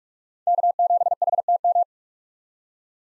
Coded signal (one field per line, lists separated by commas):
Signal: Morse code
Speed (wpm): 47 wpm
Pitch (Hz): 700 Hz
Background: none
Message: K7HTM